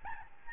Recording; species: mosquito wingbeat signal from an infrared sensor; Aedes albopictus